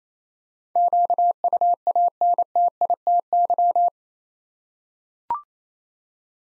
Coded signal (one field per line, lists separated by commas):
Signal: Morse code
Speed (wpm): 27 wpm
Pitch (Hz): 700 Hz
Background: none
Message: QUANTITY